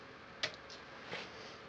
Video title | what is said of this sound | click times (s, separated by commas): Toy Review: MakeToys Giant Set B (Mobile Crane and Dump Truck) | and sorry it is hard to do without getting in the way of the camera but yeah and everything snaps into place | 0.4 s